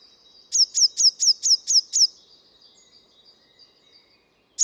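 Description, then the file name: Eurasian blue tit giving seven sharp, high, down-slurred notes in quick even succession, then a thin steady tone trailing off, with one more note at the end. "Cyanistes caeruleus"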